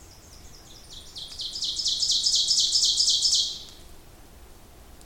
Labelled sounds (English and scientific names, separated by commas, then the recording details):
Ovenbird (Seiurus aurocapilla) song
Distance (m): 15 m
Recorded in boreal forest in Alberta, Canada, on 26 May 2016 at 07:16
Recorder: SongMeter 3, array SBT-3-15
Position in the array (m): 41 m, 274 m
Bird 20